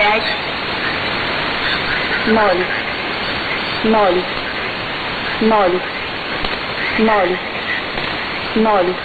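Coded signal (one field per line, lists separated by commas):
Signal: numbers station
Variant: S06s, Russian female voice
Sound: short spoken words, about six, evenly spaced every 1.5 seconds under loud hiss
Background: radio static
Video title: 19 06 2018 S06s Russian Lady numbers station in Russian to Eu 0740 on 11655 unknown tx site USB+AM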